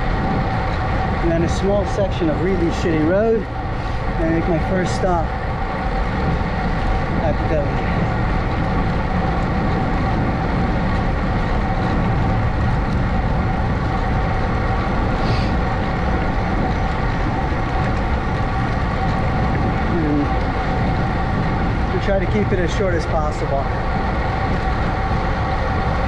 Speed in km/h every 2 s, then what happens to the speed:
27, 27, 26, 26, 26, 27, 27, 27, 27, 27, 27, 29, 29.
0-26 steady at about 27.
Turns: none.